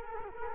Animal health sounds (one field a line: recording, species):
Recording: mosquito wingbeat signal from an infrared sensor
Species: Culex quinquefasciatus